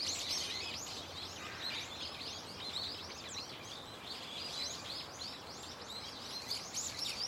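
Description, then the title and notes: Birds chorusing, quick rising and falling high chirps crowding one another several per second, continuous throughout, over a low background hiss. Many birds calling loudly and continuously from a tetrapod breakwater belt and its trees; recorded with microphone and camera. "テトラ帯とその木々から、けたたましいほどのの鳥たちの鳴き声が・・・！"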